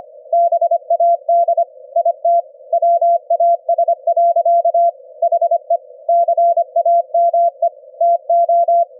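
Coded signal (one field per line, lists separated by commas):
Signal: Morse code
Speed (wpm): 25 wpm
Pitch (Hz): 680 Hz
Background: none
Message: BAD IT WAS. HE CAME TO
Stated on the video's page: CW sent by a keyer directly at 25 Hz in the ELF band at 25 wpm, received and demodulated with an SDR application.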